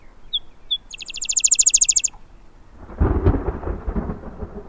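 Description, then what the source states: Rufous-winged Sparrow song: two soft introductory chips, then a fast, even, high trill; thunder rumbles afterward. Gentle melody sung during the summer monsoon in the Sonoran Desert, southeast Arizona.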